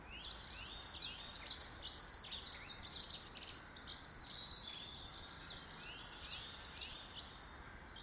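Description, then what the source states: A dense bird chorus of bright overlapping chirps and twittering notes, running continuously with no pauses. Birds heard in a garden.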